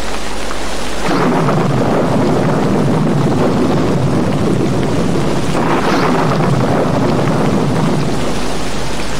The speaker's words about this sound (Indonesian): Hujan terus turun dengan lebatnya.